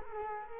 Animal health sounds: mosquito wingbeat signal from an infrared sensor; Culex quinquefasciatus

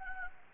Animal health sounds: mosquito wingbeat signal from an infrared sensor; Anopheles gambiae

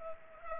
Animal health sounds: mosquito wingbeat signal from an infrared sensor; Culex pipiens

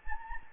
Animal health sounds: mosquito wingbeat signal from an infrared sensor; Anopheles gambiae

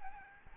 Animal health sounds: mosquito wingbeat signal from an infrared sensor; Aedes albopictus

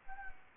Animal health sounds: mosquito wingbeat signal from an infrared sensor; Anopheles arabiensis

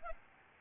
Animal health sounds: mosquito wingbeat signal from an infrared sensor; Aedes albopictus

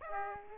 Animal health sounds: mosquito wingbeat signal from an infrared sensor; Aedes aegypti

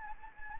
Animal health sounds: mosquito wingbeat signal from an infrared sensor; Anopheles gambiae

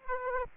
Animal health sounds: mosquito wingbeat signal from an infrared sensor; Aedes aegypti

